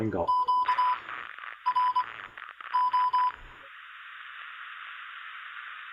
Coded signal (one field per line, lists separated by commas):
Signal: Morse code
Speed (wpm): 23 wpm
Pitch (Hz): 1000 Hz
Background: speech, radio noise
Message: QRO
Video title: Let's Play Radio - ICOM IC-706MKII, Signalink and DX Commander